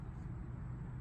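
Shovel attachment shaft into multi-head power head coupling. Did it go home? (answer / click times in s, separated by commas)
no / none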